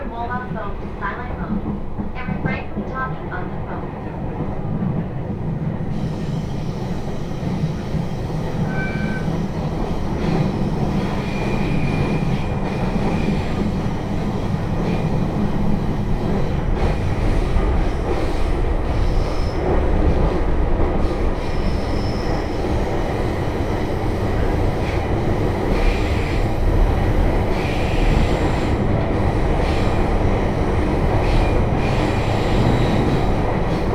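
A train ride on the Tohoku Main Line: a steady, dense low rumble of running wheels, with faint high squeals around nine and twelve seconds.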